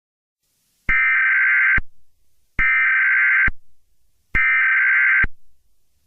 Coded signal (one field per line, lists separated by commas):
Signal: Emergency Alert System (SAME) tones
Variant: header bursts